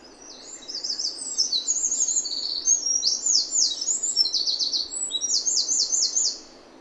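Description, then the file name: Eurasian wren song, an energetic high torrent of rapid notes and rattling trills that runs for about six seconds and then stops, leaving light background hiss. "Troglodytes troglodytes"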